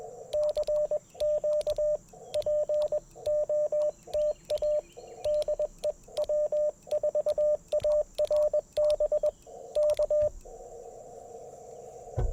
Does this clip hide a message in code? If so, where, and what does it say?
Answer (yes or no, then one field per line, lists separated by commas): yes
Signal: Morse code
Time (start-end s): 0.3-10.3 s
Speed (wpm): 21 wpm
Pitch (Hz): 590 Hz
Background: radio noise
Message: CQ P OTA DE W4ARB K